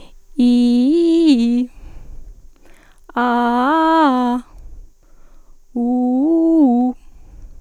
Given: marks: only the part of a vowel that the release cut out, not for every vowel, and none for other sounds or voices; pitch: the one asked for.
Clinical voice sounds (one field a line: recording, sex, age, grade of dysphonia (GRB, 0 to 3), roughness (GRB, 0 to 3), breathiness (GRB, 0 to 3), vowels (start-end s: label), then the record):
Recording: sustained vowels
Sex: female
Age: 20 to 29 years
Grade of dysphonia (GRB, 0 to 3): 1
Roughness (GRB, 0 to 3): 1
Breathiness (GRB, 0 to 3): 0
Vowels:
0.46-1.57 s: vowel /i/, low-high-low pitch
3.22-4.29 s: vowel /a/, low-high-low pitch
5.82-6.85 s: vowel /u/, low-high-low pitch
From the record:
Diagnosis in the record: healthy voice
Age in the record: 22 years